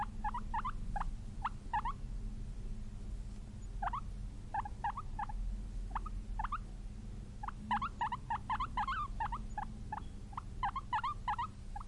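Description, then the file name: Guinea pig squeaking in short, sharp chirps, single or in quick clusters, with a steady low hum underneath. "cute guinea pig"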